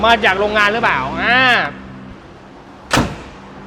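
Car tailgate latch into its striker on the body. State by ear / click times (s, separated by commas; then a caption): seated / 2.9 s. Someone talks while the rear tailgate of a used car is closed to check that its latch catches in the striker on the body and that it fits evenly with its seams. A single sharp slam is heard at 2.9 seconds as the tailgate latch catches and seats.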